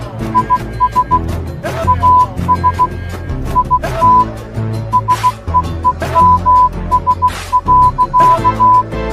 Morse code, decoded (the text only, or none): IS AS IT SEEMS.